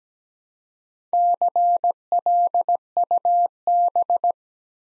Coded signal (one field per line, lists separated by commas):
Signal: Morse code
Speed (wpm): 17 wpm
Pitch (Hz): 700 Hz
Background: none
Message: CLUB